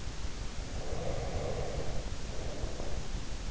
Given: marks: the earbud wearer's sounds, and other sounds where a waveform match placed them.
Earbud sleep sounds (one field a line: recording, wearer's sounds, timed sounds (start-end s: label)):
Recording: sounds in sleep by an in-ear microphone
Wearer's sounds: breath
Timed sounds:
0.33-3.45 s: breath